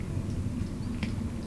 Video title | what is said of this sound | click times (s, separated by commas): SHF Bootleg Kamen Rider Den O Gaim Drive Woz Greese Blizzard Zi o Decade Armor Toy Review | well at least there's a satisfying click so yeah moves a bit | 1.0 s